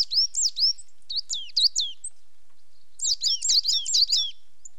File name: Coal Tits - two pairs displaying to each other on territorial boundary